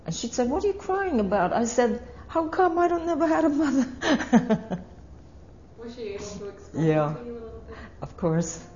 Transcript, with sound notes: And she said, "What are you crying about?" I said, "How come I don't ever have a mother?" (She laughs.)
Was she able to explain to you a little bit?
Yeah, of course.